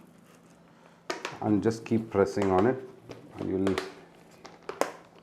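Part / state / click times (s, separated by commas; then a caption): diffuser main body panel onto plastic snap button / seated / 4.7 s, 4.8 s. The main body panel of a macro flash diffuser is aligned and pressed onto plastic snap-on buttons while someone talks, with sharp handling sounds near 1.1 s and 1.3 s. Short clicks at 4.7 s and 4.8 s mark the panel snapping into place, and it is locked.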